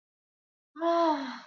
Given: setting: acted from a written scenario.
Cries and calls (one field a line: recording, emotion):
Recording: vocal sound without words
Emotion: serenity